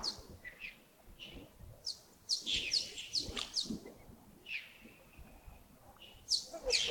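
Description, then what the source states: Birds chattering with rapid high chirps in bursts, several notes close together, then quieter spells. Early morning at Yagongding (亚公顶), 28 December 2025, about 07:40.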